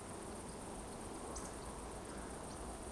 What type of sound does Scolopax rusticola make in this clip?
whistle